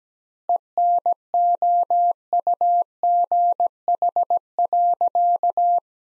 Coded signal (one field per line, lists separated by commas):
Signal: Morse code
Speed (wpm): 17 wpm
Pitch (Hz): 700 Hz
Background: none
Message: ENOUGH.